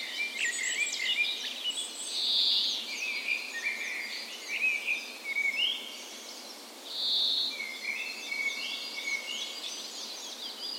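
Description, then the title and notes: Birds singing a dawn chorus, varied whistles and chirps with two louder sustained buzzy phrases standing out, other songs overlapping continuously. Spring dawn chorus on the morning of 17 May, Norway's National Day, in a park west in Bergen, Norway; recorded with a Sony PCM A10 and LOM Micro Usi microphones as tree ears. "17th Of May Dawn Chorus. Recorded on the morning of Norways National Day the 17th of May in a park west in Bergen. Spring is in full effect, and the dawn chorus sounds wonderful!"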